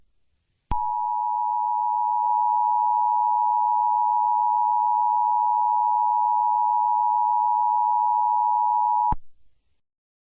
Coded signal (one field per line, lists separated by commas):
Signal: Emergency Alert System (SAME) tones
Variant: 853 and 960 Hz attention tone